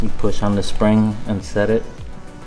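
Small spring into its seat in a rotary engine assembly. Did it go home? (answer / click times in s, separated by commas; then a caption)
no / none. Someone talks over music while a small metal spring is set toward its seat in a rotary engine assembly with a little screwdriver and pressed down. No snap is heard; the spring has not seated or clicked into place yet.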